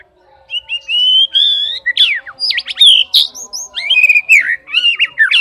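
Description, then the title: Oriental magpie-robin song: sustained whistles, sharp upslurs and squeaky notes in a varied, nearly continuous run. "kacer"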